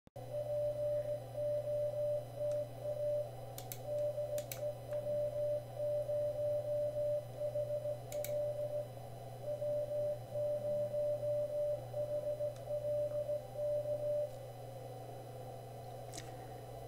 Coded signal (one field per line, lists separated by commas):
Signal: Morse code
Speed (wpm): 17 wpm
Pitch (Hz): 590 Hz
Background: none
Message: POTA DE W0HL W0HL K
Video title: Enabling Your #icom 7610 With DPD Adjustment For Near Crystal Clear Sound #hamradio